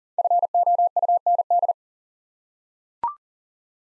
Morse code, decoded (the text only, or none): FOUND